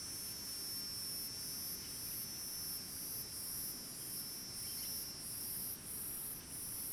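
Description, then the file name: Cicada call, a shrill high buzz pulsing in beats, with other cicadas droning steadily underneath and a few faint chirps. A distinctive, very shrill cicada in dry forest, with other cicadas in the background and birds far off. "Cigarra diferente bem estridente outras cigarras no fundo na mata seca, passaros bem longe"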